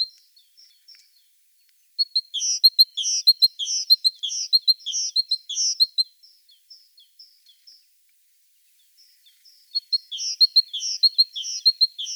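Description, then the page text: Great tit song: rapid series of high, sharp repeated notes running for several seconds, a pause, then another fast repeated series. "Большая синица - Синица"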